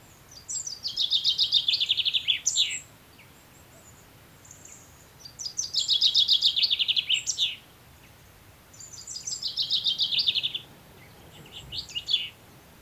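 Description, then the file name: Common chaffinch singing several songs, each a rattling run of falling notes, most closing with a flourish, with quiet pauses between. "Fringilla coelebs"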